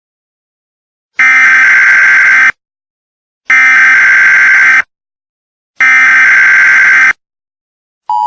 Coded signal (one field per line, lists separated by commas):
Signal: Emergency Alert System (SAME) tones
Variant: header bursts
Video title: EAS Scenario - Hurricane Luther